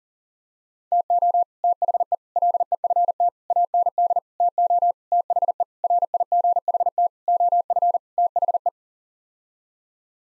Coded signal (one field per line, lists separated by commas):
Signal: Morse code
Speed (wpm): 40 wpm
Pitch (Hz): 700 Hz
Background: none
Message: TO THE LEFT AND TO THE RIGHT OF THE